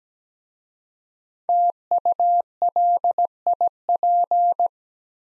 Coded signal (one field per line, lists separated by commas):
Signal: Morse code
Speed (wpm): 17 wpm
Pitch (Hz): 700 Hz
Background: none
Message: TULIP